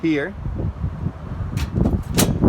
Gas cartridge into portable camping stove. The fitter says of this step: and then the system is locked you see solid there okay so basically